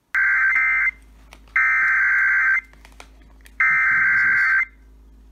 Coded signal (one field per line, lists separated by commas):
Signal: Emergency Alert System (SAME) tones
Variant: header bursts